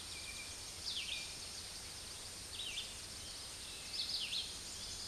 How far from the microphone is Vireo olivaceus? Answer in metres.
about 30 m